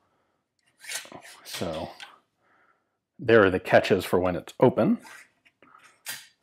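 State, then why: Seated. Someone talks while the collapsing wire stock of a Northwood Developments 9mm carbine is pulled out to full extension. Its rods snap into the catches that hold the stock open with two short clicks at 5.6 s and 5.8 s, and the stock is seated fully extended.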